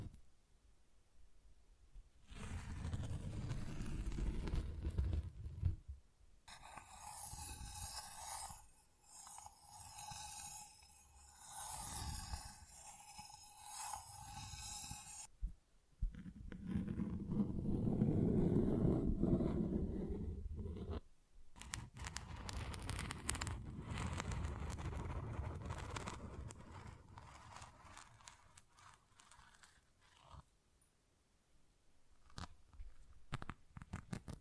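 Tingly textures of tapping and scratching, shifting between sections: low rubbing and thumping from the start, then a bright crinkly scratching with a faint ringing tone from about 6 to 15 seconds. A deep muffled rumble follows, then dense crackly scratching with quick taps until a quieter close.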